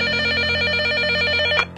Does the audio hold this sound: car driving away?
no